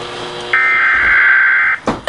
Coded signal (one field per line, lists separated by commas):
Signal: Emergency Alert System (SAME) tones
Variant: header bursts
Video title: Weather Radio EAS No 17 & 18 (Severe T-Storm Warning & Watch)